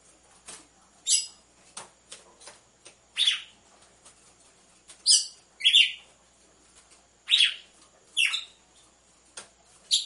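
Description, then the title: Red-cowled cardinal with a series of short, sharp chirps, repeated every couple of seconds among light tapping clicks. Female song, used to warm up males, with a beat of two males. "Canto Galo Campina Fêmea. ESQUENTE GALO DE CAMPINA COM BATIDA DE DOIS MACHOS"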